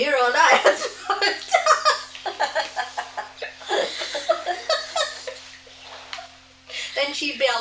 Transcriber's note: hilarious laughter